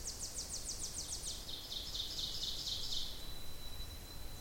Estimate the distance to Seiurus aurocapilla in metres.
about 60 m